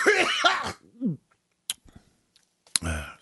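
An adult man coughs; it is a little cough.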